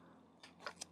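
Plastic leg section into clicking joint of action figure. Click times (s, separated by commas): 0.8 s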